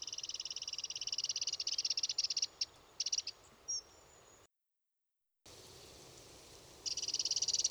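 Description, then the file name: Eurasian wren with long, high, rattling trills broken into shorter bursts, a thin whistled note, a silent gap, then another rapid trill starting. "Troglodytes troglodytes"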